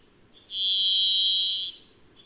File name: Varied Thrush